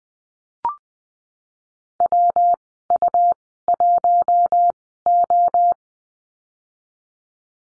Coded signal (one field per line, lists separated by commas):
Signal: Morse code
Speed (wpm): 20 wpm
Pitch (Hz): 700 Hz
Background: none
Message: WU1O